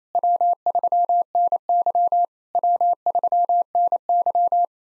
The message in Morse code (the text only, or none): W3NY W3NY